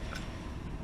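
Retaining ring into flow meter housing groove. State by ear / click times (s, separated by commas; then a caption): not seated / none. A repair retaining (snap) ring is handled and pressed toward its groove inside a Raven RFM60/RFM60S/RFM15 flow meter housing during repair-kit replacement. Broadband handling noise fills the clip, with a brief sharp transient near 0.1 s. Nothing has seated or clicked yet.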